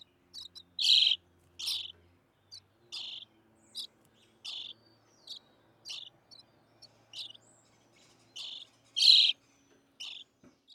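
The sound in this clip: European starling singing a varied string of short clicks, whistles and rattling notes, with two louder buzzy bursts standing out among quieter, scattered sounds.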